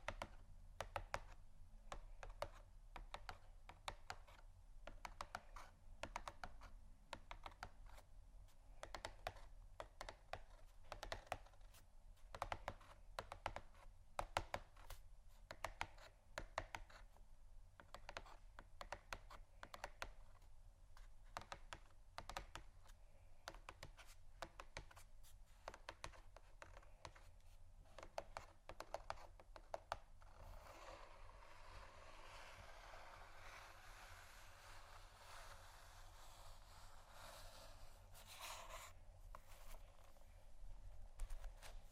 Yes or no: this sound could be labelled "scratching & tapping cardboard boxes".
yes